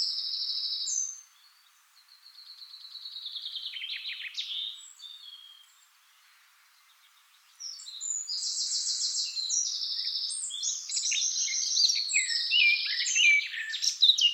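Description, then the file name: Eurasian blackcap song: rich, fast warbling phrases of scratchy and clear notes, a pause, then a long, dense outpouring in the second half. "Sylvia atricapilla"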